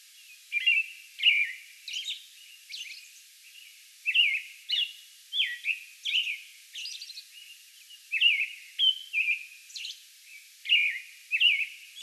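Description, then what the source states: American robin song bout of many caroling whistled phrases with interspersed high thin squeals. Song bout recorded May 11.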